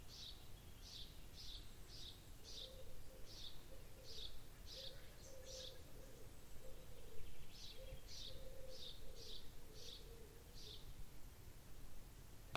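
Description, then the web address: Bird calls: a series of soft, short, high notes repeated roughly every half second, with fainter lower notes underneath and steady background noise. "cianscape. Deverinetal. Bird Only"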